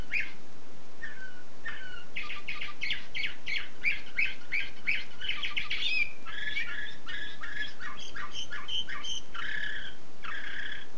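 Canary song: fast repeated chirping syllables running continuously, changing into a different, busier trilled pattern midway, with background hiss throughout.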